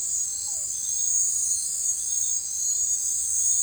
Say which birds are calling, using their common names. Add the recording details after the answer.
none. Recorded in forest near Pivijay, Magdalena, Colombia, on 15 April 2023 at 21:00. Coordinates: 10.467, -74.380. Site Z5-G034